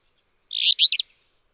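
Alder flycatcher giving a single brief, burry song of two quick buzzy parts.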